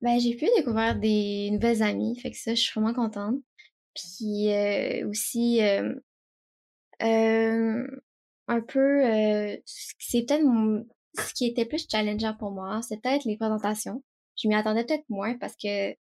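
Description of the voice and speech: An 18-year-old woman speaks Quebec French with stuttering: stretched vowels, a long silent block and a prolonged 'm' before she resumes. She was diagnosed with stuttering at about age 4.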